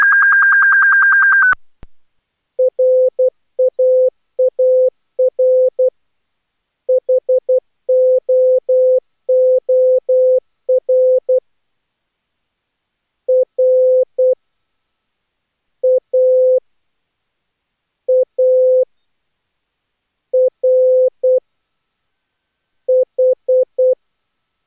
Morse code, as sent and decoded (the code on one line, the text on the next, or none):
.-. .- .- .-. / .... --- --- .-. / .-. / .- / .- / .-. / ....
RAAR HOOR R A A R H